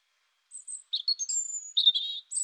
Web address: annee-nature rougegorge